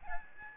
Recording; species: mosquito wingbeat signal from an infrared sensor; Aedes albopictus